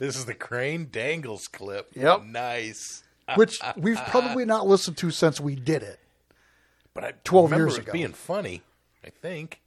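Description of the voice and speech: An adult man speaks fluently and casually with natural pauses, recalling an old recording; his voice sounds ordinary.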